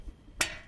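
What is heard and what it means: A spark plug wire boot is pushed back onto the spark plug of a Honda GX390 small engine on a Simpson pressure washer after an oil change. A single sharp, bright click is heard at 0.4 s, and the boot is fully seated and connected.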